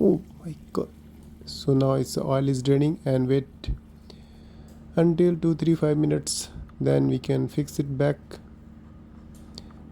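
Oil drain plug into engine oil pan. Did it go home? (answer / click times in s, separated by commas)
yes / 9.6 s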